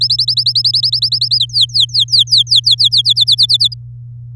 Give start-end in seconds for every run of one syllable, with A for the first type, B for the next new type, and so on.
0.01-1.39 A, 1.40-3.02 B, 3.04-3.74 C